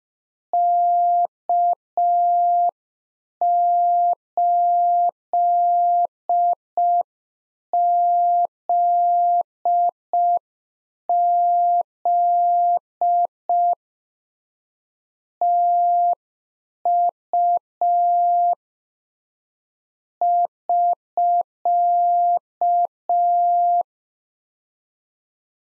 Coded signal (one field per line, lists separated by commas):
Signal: Morse code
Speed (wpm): 5 wpm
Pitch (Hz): 700 Hz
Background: none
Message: K8ZZ TU <SK>